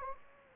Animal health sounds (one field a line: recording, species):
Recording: mosquito wingbeat signal from an infrared sensor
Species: Anopheles gambiae